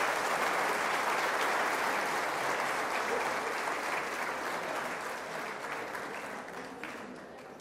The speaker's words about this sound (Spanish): A ver, todos los demás, démosles un aplauso porque esto ha sido maravilloso.